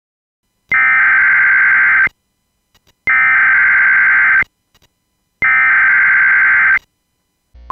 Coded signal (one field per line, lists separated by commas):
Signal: Emergency Alert System (SAME) tones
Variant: header bursts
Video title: EAS Scenario #5: The Tornado Outbreak